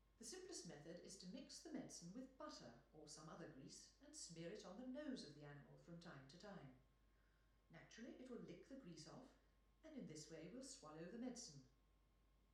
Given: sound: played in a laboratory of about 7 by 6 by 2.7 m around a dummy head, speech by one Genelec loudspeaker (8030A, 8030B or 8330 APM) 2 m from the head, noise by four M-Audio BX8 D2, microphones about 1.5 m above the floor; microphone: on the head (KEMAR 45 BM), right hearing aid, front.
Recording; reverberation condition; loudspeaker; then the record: female speech in English; medium; behind (180 degrees)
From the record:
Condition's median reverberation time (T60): about 510 ms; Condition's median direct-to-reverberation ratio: about -0.5 dB